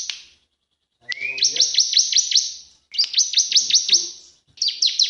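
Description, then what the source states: Bar-winged prinia song: quick repeated high chirping notes, each sharply dropping in pitch, in bursts of one to two seconds separated by brief gaps. Cage-bird training recording; full 'nembak' song style.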